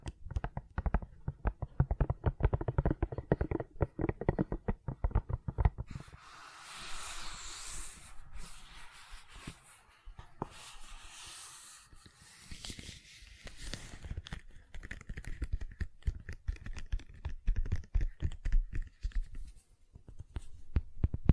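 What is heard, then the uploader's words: Gentle silicone sounds: soft, quick tapping and squishing in dense, irregular bursts, low and muffled for the first six seconds. From about six to fourteen seconds the sounds turn brighter and hissier, with smooth rubbing and squeaking, before low tapping returns toward the end. ASMR Gentle Silicon Sounds for Sleep (No Talking).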